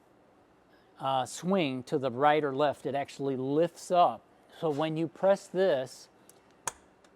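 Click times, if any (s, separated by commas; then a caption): 6.7 s. Someone talks, then presses the release on a small lift-up exterior storage compartment door just in front of the tag axles on a 2027 Newmar King Aire. The latch clicks open with a sharp click at 6.7 s, but no gap shows on either side because the door has to be lifted.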